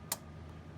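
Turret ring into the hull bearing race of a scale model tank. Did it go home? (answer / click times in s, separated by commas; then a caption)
yes / 0.1 s. The toothed plastic turret ring of a 1/16 scale Tamiya M1A2 Abrams display version model, with loose bearings, is turned in the hull bearing race until it locks up. A single sharp click sounds at 0.1 s over a low, steady background. The turret ring is locked into place.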